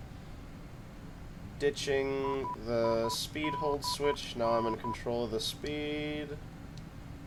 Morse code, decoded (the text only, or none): IIDN